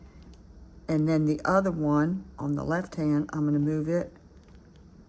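Someone talks while a wire jump ring on a dangle earring is handled with pliers, its two ends being twisted back into line so they meet flush with no gap. Only a few faint, brief ticks are heard near 0.2 to 0.3 seconds and 4.4 to 4.8 seconds. The ring ends have not clicked closed yet.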